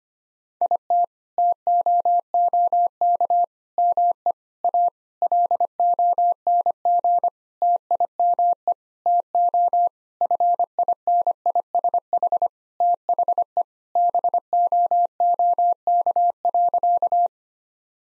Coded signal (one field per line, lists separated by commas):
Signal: Morse code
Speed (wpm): 25 wpm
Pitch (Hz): 700 Hz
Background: none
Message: IT TOOK ME A LONG TIME TO FINISH THE BOOK.